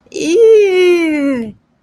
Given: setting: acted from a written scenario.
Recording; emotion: vocal sound without words; disgust